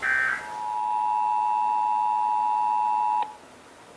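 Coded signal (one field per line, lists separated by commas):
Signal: Emergency Alert System (SAME) tones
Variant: 853 and 960 Hz attention tone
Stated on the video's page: Texas required monthly test, heard on several radio and TV stations.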